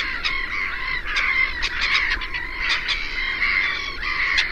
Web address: chant xeno-canto mouette rieuse